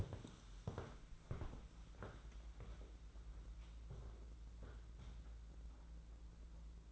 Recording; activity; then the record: daily activity, microphone in the room; walk to room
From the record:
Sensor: 3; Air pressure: 992.0 hPa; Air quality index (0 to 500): 226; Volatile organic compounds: 1000 ppm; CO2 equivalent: 7784 ppm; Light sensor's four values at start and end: 15/48/19/17 and 25/76/31/26